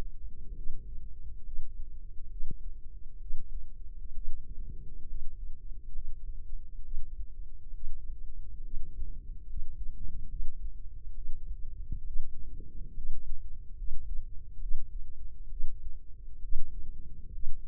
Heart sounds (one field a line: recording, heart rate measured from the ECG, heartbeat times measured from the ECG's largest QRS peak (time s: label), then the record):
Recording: heart sounds by microphone in the left ear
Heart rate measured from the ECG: 68 bpm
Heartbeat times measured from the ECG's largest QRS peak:
0.53 s: heartbeat
1.41 s: heartbeat
2.28 s: heartbeat
3.17 s: heartbeat
4.12 s: heartbeat
5.05 s: heartbeat
5.91 s: heartbeat
6.81 s: heartbeat
7.71 s: heartbeat
8.61 s: heartbeat
9.44 s: heartbeat
10.27 s: heartbeat
11.12 s: heartbeat
12.03 s: heartbeat
12.92 s: heartbeat
13.74 s: heartbeat
14.58 s: heartbeat
15.47 s: heartbeat
16.39 s: heartbeat
17.30 s: heartbeat
From the record:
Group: healthy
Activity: rest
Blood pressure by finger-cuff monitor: 95/65 mmHg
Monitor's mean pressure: 75 mmHg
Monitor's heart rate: 67 bpm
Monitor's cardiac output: 5 L/min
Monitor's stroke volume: 75 mL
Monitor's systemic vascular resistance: 1090 dyn s/cm5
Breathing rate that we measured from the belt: 15 breaths a minute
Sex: female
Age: 23 years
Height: 160 cm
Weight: 50.4 kg